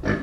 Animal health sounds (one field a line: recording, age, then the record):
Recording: pig call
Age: growing-finishing pig (85 days or more)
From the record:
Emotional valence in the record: negative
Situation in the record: barren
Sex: male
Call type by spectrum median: low-frequency call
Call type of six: low-frequency stable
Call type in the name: low-frequency stable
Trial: 2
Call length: 0.23 s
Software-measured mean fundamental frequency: 51 Hz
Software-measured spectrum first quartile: 217 Hz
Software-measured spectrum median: 484 Hz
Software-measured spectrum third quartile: 1355 Hz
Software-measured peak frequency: 290 Hz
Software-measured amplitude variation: 166 dB a second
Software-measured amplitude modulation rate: 21.8 a second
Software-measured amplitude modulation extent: 7.6 dB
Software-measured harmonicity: -0.8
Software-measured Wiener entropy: -1.66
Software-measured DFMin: 632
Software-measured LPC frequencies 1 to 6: 378, 1187, 1721, 3028, 3803, 4557 Hz